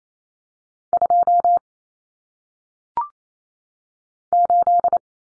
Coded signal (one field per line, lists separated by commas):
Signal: Morse code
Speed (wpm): 28 wpm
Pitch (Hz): 700 Hz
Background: none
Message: 2 8